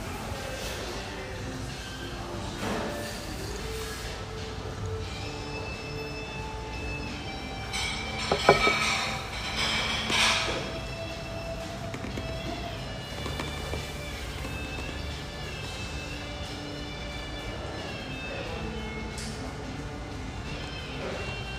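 Steady hum in an espresso house: a dense, even bed of murmuring voices and low rumble with sustained ringing tones drifting through. Around eight to ten seconds a brief burst of louder clatter and clinks rises, then the murmur settles back.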